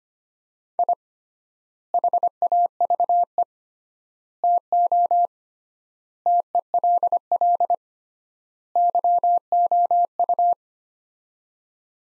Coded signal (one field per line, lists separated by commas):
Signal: Morse code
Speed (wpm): 25 wpm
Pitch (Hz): 700 Hz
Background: none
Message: I HAVE TO TELL YOU